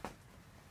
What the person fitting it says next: You heard that loud click? That's usually a pretty good indication that you're in the right spot.